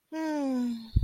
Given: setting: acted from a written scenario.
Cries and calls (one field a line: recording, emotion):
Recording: vocal sound without words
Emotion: sadness